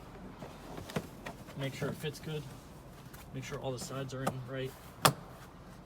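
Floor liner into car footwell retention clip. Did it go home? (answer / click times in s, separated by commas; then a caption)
yes / 5.1 s. A WeatherTech molded floor liner is slid under the pedal and pressed down into a car footwell so its retention eyelet snaps onto the floor hook. Someone talks while it is fitted, then a sharp click sounds at 5.1 s. The liner is seated on the hook.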